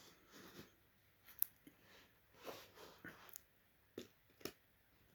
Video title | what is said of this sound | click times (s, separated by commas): 1440p Gaming PC Build - Installing DDR5 ARGB RAM | so yeah that's there now and then you just want to click into place you'll hear the click | 1.4 s